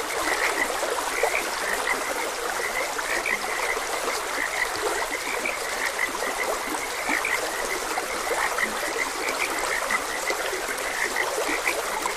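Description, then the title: Frog chorus of many overlapping croaks and rapid clicks, unbroken for the whole stretch, with flowing stream water beneath. Frogs croaking beside a gentle stream; ambient nature sounds. "Gentle Stream and Frogs Croaking - Calming Sounds of Nature"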